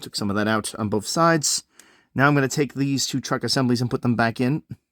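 Someone talks while preparing to put two truck assemblies back into an MRC 1812 N scale C420 model locomotive chassis, before the screws go back in. Nothing has seated or clicked into place yet.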